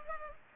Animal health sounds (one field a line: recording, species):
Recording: mosquito wingbeat signal from an infrared sensor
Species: Culex pipiens